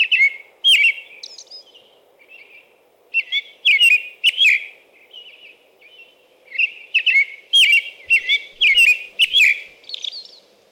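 American robin singing in bursts of rich whistled phrases, each short and slurred up or down, separated by brief pauses.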